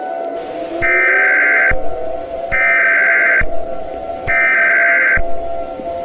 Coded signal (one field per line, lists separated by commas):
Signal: Emergency Alert System (SAME) tones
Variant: header bursts